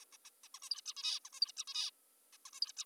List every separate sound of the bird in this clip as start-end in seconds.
0.02-0.05, 0.13-0.17, 0.25-0.30, 0.44-0.48, 0.55-0.59, 0.63-0.70, 0.71-0.81, 0.86-0.94, 0.97-1.20, 1.25-1.30, 1.33-1.40, 1.41-1.52, 1.57-1.64, 1.68-1.91, 2.33-2.37, 2.46-2.50, 2.53-2.60, 2.62-2.72, 2.77-2.85